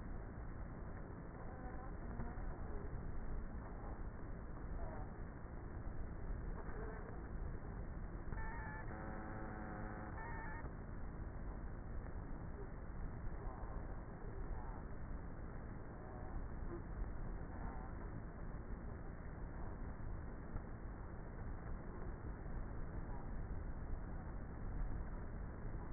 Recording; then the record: honeybee colony, microphone inside the hive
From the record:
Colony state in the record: queenless with a low population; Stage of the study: before two queens were removed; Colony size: about 30,000 bees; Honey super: no